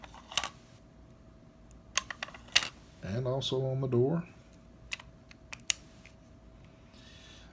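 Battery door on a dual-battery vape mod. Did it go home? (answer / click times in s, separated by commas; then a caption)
yes / 5.7 s. A magnetic battery door is pressed closed on a dual-battery box mod after two 18650 batteries are loaded, with someone talking between light clicks and handling knocks. The door snaps shut with a sharp click at 5.7 s and seats, though it has sometimes fought going on.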